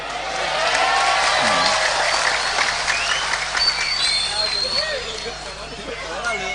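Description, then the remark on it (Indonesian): An audience at a religious talk bursts into sustained applause, a dense crackle of many hands clapping that holds steady for several seconds, then thins and fades as murmuring voices come through. “Yang tepuk tangan itu karena merasa wajahnya jelek, insyaallah.”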